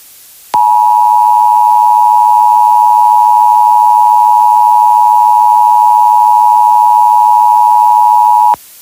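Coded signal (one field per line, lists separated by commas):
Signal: Emergency Alert System (SAME) tones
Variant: 853 and 960 Hz attention tone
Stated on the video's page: Simulated EAS scenario in a fictional film, not a real alert.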